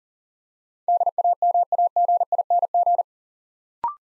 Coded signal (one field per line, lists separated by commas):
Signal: Morse code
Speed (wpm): 42 wpm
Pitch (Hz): 700 Hz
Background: none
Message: DAMAGING